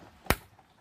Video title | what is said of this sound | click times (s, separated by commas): Light Switch install 87-93 Mustang 5.0 | you push on the light switch until it clicks just | 0.3 s